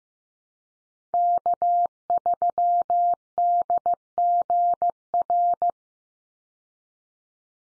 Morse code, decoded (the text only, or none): K3DGR